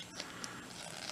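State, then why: Seated. While a plastic Starscream toy robot figure is transformed, a plastic transformation part is mounted and clipped into the figure's body. Soft plastic handling and scraping run throughout, with a sharp click at 0.4 s as the part clips into place and seats securely.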